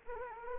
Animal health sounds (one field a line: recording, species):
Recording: mosquito wingbeat signal from an infrared sensor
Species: Anopheles arabiensis